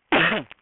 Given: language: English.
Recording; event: throat vibration sensor signal played as sound; cough